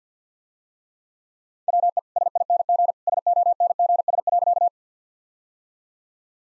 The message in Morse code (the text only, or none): WE SING SONGS.